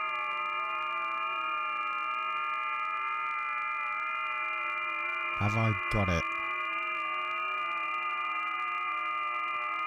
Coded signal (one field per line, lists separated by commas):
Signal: FT8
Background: speech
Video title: Scanning the airwaves with the SDR, hopefully find something interesting.